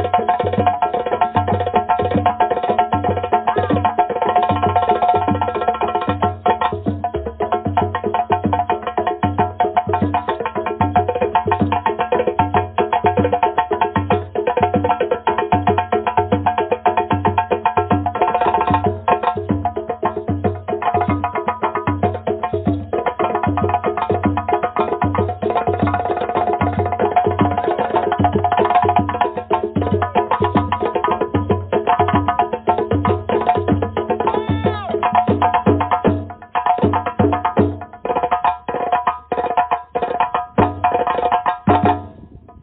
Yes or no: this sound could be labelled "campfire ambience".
no